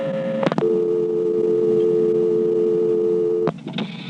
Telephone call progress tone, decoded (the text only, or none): dial tone